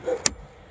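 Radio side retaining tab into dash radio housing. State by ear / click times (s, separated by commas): seated / 0.3 s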